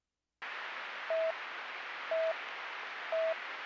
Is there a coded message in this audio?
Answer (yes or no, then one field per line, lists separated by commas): no